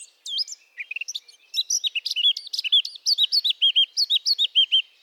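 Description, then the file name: Eurasian blackcap song, opening with quiet chattering notes, then swelling into loud, rich fluty whistles repeated in a quick, even series. "Sylvia atricapilla"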